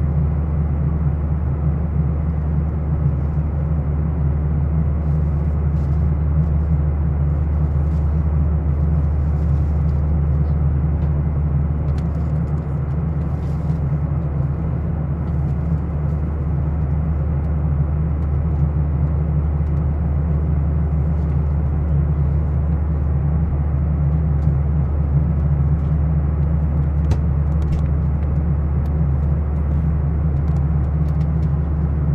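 Steady, heavy engine drone inside a Boeing 737 airliner in flight, dominated by a deep low hum with a fainter hiss layered above. The roar stays constant throughout, with only occasional small ticks and rattles breaking through near the top.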